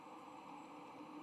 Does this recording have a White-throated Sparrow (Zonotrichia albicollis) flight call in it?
no